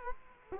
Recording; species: mosquito wingbeat signal from an infrared sensor; Culex quinquefasciatus